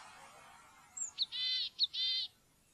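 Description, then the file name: Willow tit call: a thin high note, then two drawn-out, harsh buzzy notes, each preceded by a short sharp note. "granmeis"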